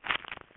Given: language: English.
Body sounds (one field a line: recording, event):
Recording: throat vibration sensor signal played as sound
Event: swallow